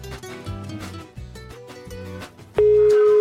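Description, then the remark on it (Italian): Busy music with a thumping beat cuts off, and a loud, steady telephone line tone takes over, a single unbroken mid-pitched hum lasting under a second. “Telefonata a sorpresa.”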